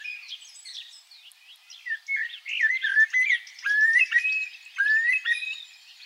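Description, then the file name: Common blackbird song: softer high twittering, then a run of loud, slurred whistled notes, several rising or falling. "Turdus merula"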